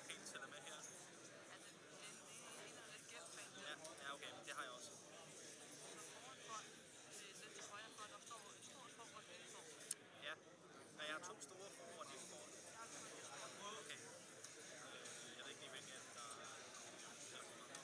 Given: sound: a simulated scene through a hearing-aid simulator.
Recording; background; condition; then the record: conversation; cafeteria; -4 dB SNR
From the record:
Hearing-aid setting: IV (slow-acting compression, loudness normalization); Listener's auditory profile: C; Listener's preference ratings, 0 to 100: 2, 29, 26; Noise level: 65 dB SPL